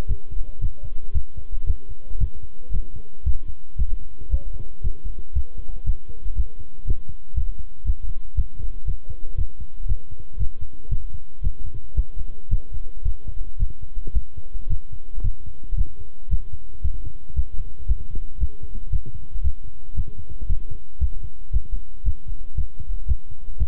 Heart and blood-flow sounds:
heart sounds by stethoscope; between the tricuspid and mitral areas; 115 bpm
0.08 s: heartbeat
0.61 s: heartbeat
1.14 s: heartbeat
1.67 s: heartbeat
2.20 s: heartbeat
2.73 s: heartbeat
3.25 s: heartbeat
3.78 s: heartbeat
4.31 s: heartbeat
4.83 s: heartbeat
5.35 s: heartbeat
5.86 s: heartbeat
6.37 s: heartbeat
6.87 s: heartbeat
7.36 s: heartbeat
7.86 s: heartbeat
8.37 s: heartbeat
8.87 s: heartbeat
9.37 s: heartbeat
9.88 s: heartbeat
10.39 s: heartbeat
10.91 s: heartbeat
11.43 s: heartbeat
11.96 s: heartbeat
12.51 s: heartbeat
13.05 s: heartbeat
13.59 s: heartbeat
14.14 s: heartbeat
14.70 s: heartbeat
15.23 s: heartbeat
15.77 s: heartbeat
16.31 s: heartbeat
16.83 s: heartbeat
17.36 s: heartbeat
17.88 s: heartbeat
18.40 s: heartbeat
18.92 s: heartbeat
19.44 s: heartbeat
19.96 s: heartbeat
20.49 s: heartbeat
21.01 s: heartbeat
21.53 s: heartbeat
22.05 s: heartbeat
22.57 s: heartbeat
23.08 s: heartbeat
23.59 s: heartbeat
From the record:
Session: walking at 3.7 km/h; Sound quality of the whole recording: good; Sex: male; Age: 25 years

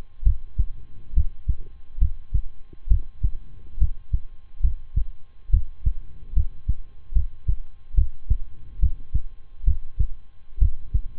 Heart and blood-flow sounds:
heart sounds by stethoscope; between the tricuspid and mitral areas; 70 bpm
0.23 s: heartbeat
1.13 s: heartbeat
1.98 s: heartbeat
2.87 s: heartbeat
3.77 s: heartbeat
4.60 s: heartbeat
5.50 s: heartbeat
6.33 s: heartbeat
7.12 s: heartbeat
7.94 s: heartbeat
8.79 s: heartbeat
9.64 s: heartbeat
10.58 s: heartbeat
From the record:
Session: rest, lying down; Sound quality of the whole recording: good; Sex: male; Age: 23 years

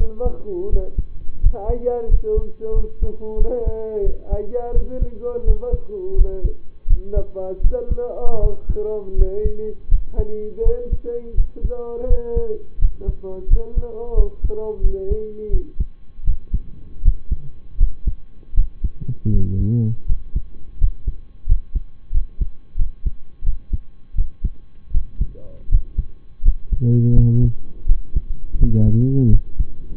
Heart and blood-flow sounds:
heart sounds by stethoscope; between the tricuspid and mitral areas; 84 bpm
0.69 s: heartbeat
1.40 s: heartbeat
2.08 s: heartbeat
2.73 s: heartbeat
3.37 s: heartbeat
4.03 s: heartbeat
4.72 s: heartbeat
5.44 s: heartbeat
6.15 s: heartbeat
6.87 s: heartbeat
7.61 s: heartbeat
8.39 s: heartbeat
9.15 s: heartbeat
9.88 s: heartbeat
10.62 s: heartbeat
11.34 s: heartbeat
12.06 s: heartbeat
12.78 s: heartbeat
13.47 s: heartbeat
14.14 s: heartbeat
14.81 s: heartbeat
15.50 s: heartbeat
16.24 s: heartbeat
17.01 s: heartbeat
17.77 s: heartbeat
18.54 s: heartbeat
19.30 s: heartbeat
20.05 s: heartbeat
20.77 s: heartbeat
21.45 s: heartbeat
22.11 s: heartbeat
22.76 s: heartbeat
23.43 s: heartbeat
24.14 s: heartbeat
24.91 s: heartbeat
25.68 s: heartbeat
26.42 s: heartbeat
27.13 s: heartbeat
27.85 s: heartbeat
28.57 s: heartbeat
29.29 s: heartbeat
From the record:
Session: rest, lying down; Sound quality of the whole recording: partially saturated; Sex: male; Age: 25 years

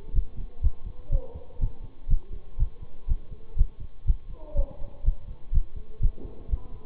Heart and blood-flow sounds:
heart sounds by stethoscope; between the tricuspid and mitral areas; 123 bpm
0.13 s: heartbeat
0.61 s: heartbeat
1.10 s: heartbeat
1.59 s: heartbeat
2.08 s: heartbeat
2.58 s: heartbeat
3.07 s: heartbeat
3.56 s: heartbeat
4.06 s: heartbeat
4.55 s: heartbeat
5.04 s: heartbeat
5.52 s: heartbeat
6.01 s: heartbeat
6.49 s: heartbeat
From the record:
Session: bicycle stress test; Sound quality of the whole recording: good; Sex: male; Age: 26 years

